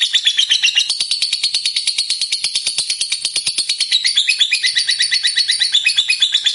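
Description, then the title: Lovebird singing a fast, unbroken chattering trill, high and buzzy, with rapid repeated notes shifting slightly in pitch throughout. A 'fighter' lovebird singing vigorously and persistently ('gacor'). "Berkat SUARA Lovebird FIGHTER GACOR Ini"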